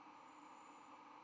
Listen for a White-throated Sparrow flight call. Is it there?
no